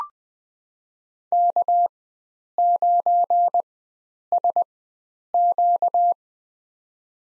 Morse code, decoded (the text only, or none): K9SQ